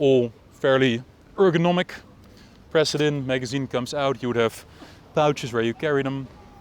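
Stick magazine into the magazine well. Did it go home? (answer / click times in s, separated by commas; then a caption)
no / none. A man talks while handling the metal stick magazine of an MP40 at its magazine well, with only faint handling noise beneath his voice. The magazine is on its way into the well, but nothing has seated or clicked yet.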